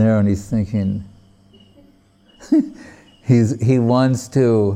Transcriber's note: laughing